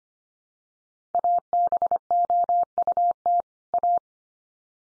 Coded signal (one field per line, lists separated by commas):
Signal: Morse code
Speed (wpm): 25 wpm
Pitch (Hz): 700 Hz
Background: none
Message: ABOUT A